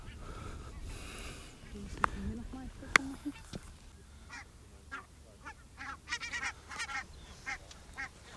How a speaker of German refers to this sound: Ja, der Vogelzug ist in vollem Gange und man kann es hören.